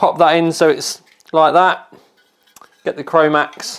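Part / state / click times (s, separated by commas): magnetic top cover onto CPU tower cooler / not seated / none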